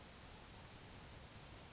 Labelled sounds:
Grasshopper Sparrow
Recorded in Sonoma County, California

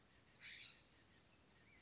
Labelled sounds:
California Scrub-Jay
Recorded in Sonoma County, California

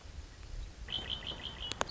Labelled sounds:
Red-winged Blackbird
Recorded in Sonoma County, California

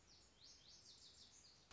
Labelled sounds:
Lazuli Bunting
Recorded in Sonoma County, California

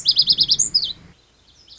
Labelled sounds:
Lazuli Bunting
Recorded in Sonoma County, California

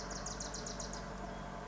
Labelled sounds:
Bewick's Wren
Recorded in Sonoma County, California

